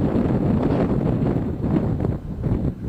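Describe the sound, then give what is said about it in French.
Wind blows steadily through The Singing Ringing Tree, a giant wind-chime sculpture, making a loud, continuous low rushing roar with slight swells and dips, and no voices. “On l'appelle « The Singing Ringing Tree », l'arbre qui chante et qui sonne.”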